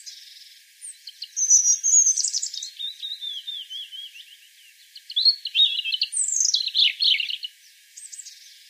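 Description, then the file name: European robin song: a long, varied run of high twittering phrases, with fluty notes, rapid trills and descending slurs, briefly pausing midway. "Erithacus rubecula"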